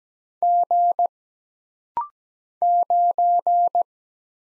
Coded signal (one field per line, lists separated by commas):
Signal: Morse code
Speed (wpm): 17 wpm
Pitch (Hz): 700 Hz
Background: none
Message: G 9